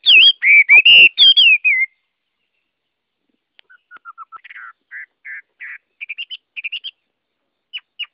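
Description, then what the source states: Chinese hwamei delivering strong falling and wavering whistles, then after a gap a series of soft low notes building into quick chirps. Song sung in the forest style called giọng rừng.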